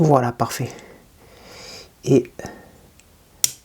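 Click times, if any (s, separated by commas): 3.4 s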